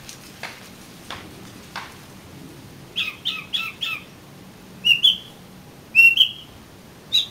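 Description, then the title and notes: Oriental magpie-robin song: a few faint clicks, then a series of raspy notes followed by loud whistles. "suara kacer. kumpulan suara burung kacer"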